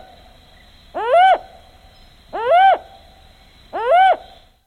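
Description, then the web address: Black-and-white owl giving three loud rising-then-falling hoots, each about half a second long, spaced roughly a second and a half apart, with a faint steady high tone. Recorded in South America. "Natures Songs S America Black-And-White Owl"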